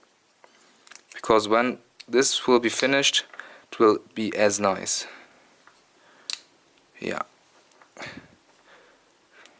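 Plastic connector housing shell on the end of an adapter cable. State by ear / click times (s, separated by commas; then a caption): seated / 9.1 s, 9.5 s. Someone talks while the two plastic housing halves of a DIY Blissbox 4-Play Nintendo 64 adapter cable connector are pressed together around the plug at the end of the cable. Soft snapping clicks at 9.1 s and 9.5 s show the connector housing shell is seated in place.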